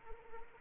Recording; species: mosquito wingbeat signal from an infrared sensor; Anopheles arabiensis